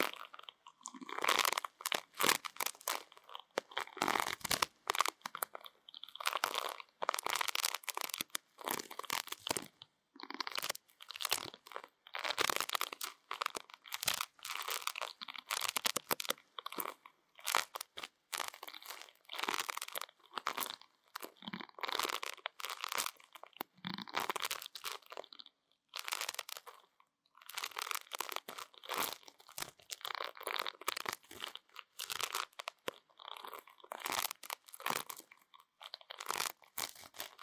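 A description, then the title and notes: Ear cleaning sounds: dense, crackly scratching and rubbing in quick bursts, with brief silent gaps every second or so. The crunchy, bright texture stays steady throughout, like something brushing and scraping against the microphone. 台灣ASMR | 掏穿你的耳朵 | 耳掃除 | Ear Cleaning | NO Talking.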